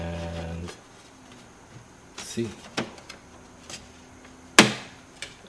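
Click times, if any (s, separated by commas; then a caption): 4.6 s. A modified metal Icy Dock MB975SP-B drive cage is pushed into the 5.25-inch bay of an HP Z820 workstation until its spring locking pins engage newly drilled holes, while someone talks. Soft scraping and light knocks come first, then a sharp, loud click at 4.6 s as the cage locks in and is seated, followed by one smaller tap.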